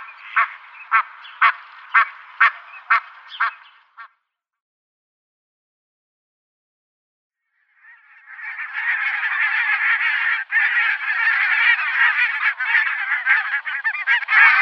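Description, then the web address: Barnacle goose yelping honks repeated about twice a second, then a gap, followed by a continuous dense clamour of calling. "Schulze Peter Barnacle Goose"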